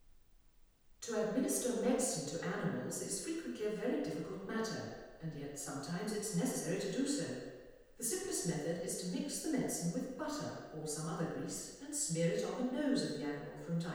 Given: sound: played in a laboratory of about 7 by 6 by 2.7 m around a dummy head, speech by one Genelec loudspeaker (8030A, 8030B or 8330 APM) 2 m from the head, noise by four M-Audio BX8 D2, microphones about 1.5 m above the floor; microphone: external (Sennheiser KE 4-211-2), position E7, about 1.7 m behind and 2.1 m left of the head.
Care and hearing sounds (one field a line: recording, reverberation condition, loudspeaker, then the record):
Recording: female speech in English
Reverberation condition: high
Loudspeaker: 30 degrees to the right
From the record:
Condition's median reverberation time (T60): about 1300 ms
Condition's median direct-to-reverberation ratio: about -4.0 dB